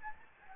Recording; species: mosquito wingbeat signal from an infrared sensor; Anopheles gambiae